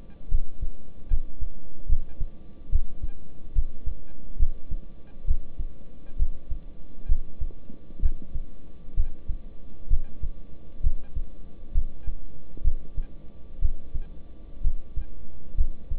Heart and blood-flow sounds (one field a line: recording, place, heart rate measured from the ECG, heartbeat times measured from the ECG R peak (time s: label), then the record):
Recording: heart sounds by stethoscope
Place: between the tricuspid and mitral areas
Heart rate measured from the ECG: 67 bpm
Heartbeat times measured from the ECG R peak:
0.29 s: heartbeat
1.08 s: heartbeat
1.87 s: heartbeat
2.70 s: heartbeat
3.53 s: heartbeat
4.37 s: heartbeat
5.26 s: heartbeat
6.17 s: heartbeat
7.07 s: heartbeat
8.00 s: heartbeat
8.95 s: heartbeat
9.88 s: heartbeat
10.81 s: heartbeat
11.72 s: heartbeat
12.62 s: heartbeat
13.60 s: heartbeat
14.62 s: heartbeat
15.56 s: heartbeat
From the record:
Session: rest, lying down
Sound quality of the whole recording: good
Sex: male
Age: 26 years